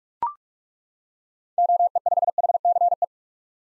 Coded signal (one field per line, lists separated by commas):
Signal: Morse code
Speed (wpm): 41 wpm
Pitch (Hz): 700 Hz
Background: none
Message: OE5HCE